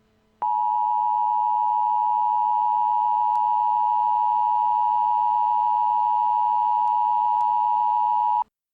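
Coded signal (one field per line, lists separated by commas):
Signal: Emergency Alert System (SAME) tones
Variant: 853 and 960 Hz attention tone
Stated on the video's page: Fictional mock EAS scenario made with EAS Creator 3.0 software.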